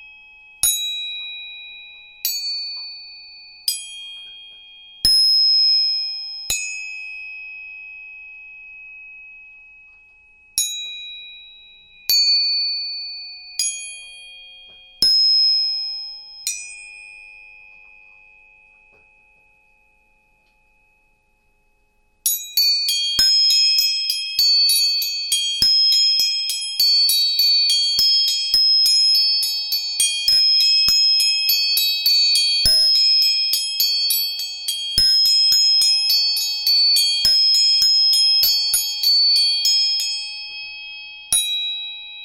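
Tuning forks are struck one at a time, each strike a clear, high, pure ring that fades slowly, with a short pause between strikes. After a near-silent gap, from about 22 seconds the strikes come rapidly and overlap into a dense, continuous shimmering chime.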